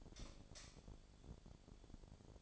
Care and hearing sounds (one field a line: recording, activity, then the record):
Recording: daily activity, microphone in the room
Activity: light off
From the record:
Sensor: 5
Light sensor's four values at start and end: 192/488/202/217 and 192/486/201/216